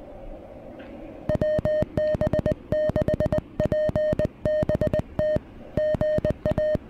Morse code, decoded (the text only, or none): WB6PBT GA